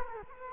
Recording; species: mosquito wingbeat signal from an infrared sensor; Culex quinquefasciatus